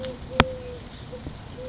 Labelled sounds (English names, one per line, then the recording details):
Eurasian Collared Dove
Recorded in Sonoma County, California